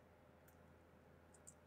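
An action camera accessory mount from a K&F Concept kit for the DJI Osmo Action 6 is being opened, giving two soft, high-pitched clicks around 1.4 s and 1.5 s over a steady low hum. The mount releases at the 1.5 s click and opens easily.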